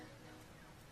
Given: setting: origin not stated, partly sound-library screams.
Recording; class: one-second piece from a danger detection set; normal situation